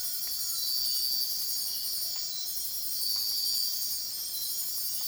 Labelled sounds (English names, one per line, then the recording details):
none
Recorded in dense forest near Puerto Asís, Putumayo, Colombia, on 19 February 2024 at 04:30
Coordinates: 0.502, -76.326
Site G6460